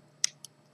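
The first ribbon-cable connector of a new iPhone 5 front assembly is pressed, without force, onto its socket on the logic board. A sharp, bright click sounds at 0.2 s, followed by a fainter tick at 0.5 s over a low steady hum. The connector is seated.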